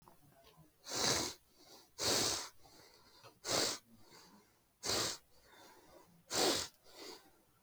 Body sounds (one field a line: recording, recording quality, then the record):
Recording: deep breathing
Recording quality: excellent, no background noise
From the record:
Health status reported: healthy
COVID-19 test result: negative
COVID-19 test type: RT-PCR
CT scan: not taken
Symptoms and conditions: cold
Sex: male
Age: 20 years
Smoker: no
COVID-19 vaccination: both doses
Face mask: worn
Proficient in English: yes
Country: India